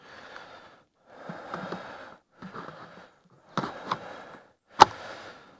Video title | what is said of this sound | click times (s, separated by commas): Autumn colours with…….. an Intrepid 4x5 and…. black and white 🤦‍♂️ @IntrepidCameraCo | back you filled that in until you hear a click and then it's in place properly | 4.8 s